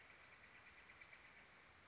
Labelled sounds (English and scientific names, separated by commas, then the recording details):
Western Flycatcher (Empidonax difficilis)
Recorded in Sonoma County, California